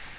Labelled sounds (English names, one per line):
Magnolia Warbler flight call